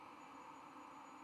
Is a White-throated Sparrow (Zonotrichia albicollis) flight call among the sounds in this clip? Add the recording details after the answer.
no. No flight call is heard. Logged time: 22:47 on 4 November 2014